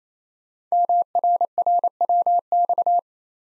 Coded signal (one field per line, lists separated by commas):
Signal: Morse code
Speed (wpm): 29 wpm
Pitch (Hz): 700 Hz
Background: none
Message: MRRWX